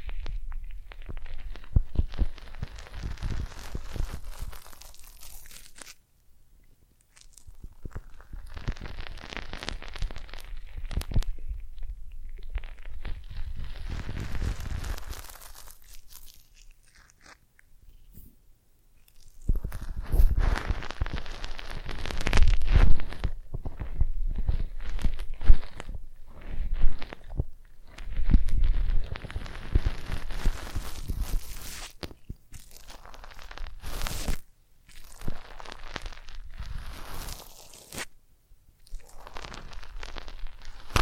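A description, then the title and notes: Small corks and tiny bottles are handled and brushed in bursts of crunchy, scratchy scraping, with soft knocks scattered throughout. The sound comes in dense stretches broken by short silences, near 6, 18 and 34 seconds, with low thuds under the brushing. ASMR Tiny Mics - Mighty Tingles Mic Testing（No Talking）. Cork. Tiny bottles. Brushing.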